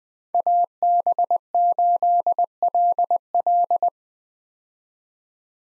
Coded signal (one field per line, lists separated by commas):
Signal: Morse code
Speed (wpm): 20 wpm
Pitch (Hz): 700 Hz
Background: none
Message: AB8LL